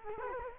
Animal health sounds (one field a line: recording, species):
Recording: mosquito wingbeat signal from an infrared sensor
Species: Culex quinquefasciatus